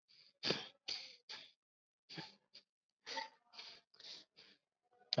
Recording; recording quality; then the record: shallow breathing; excellent, no background noise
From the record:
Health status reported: COVID-19 positive, mild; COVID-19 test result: positive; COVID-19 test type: RT-PCR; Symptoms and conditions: cough, fever, muscle pain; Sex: male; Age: 50 years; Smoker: no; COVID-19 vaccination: both doses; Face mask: not worn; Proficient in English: no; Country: India